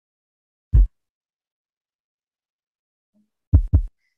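A single low thump is followed about three seconds later by two close thumps roughly 0.2 seconds apart. This is a slowed simulation of S1 followed by a split S2: normal physiological splitting, in which S2 separates on inspiration and merges again on expiration.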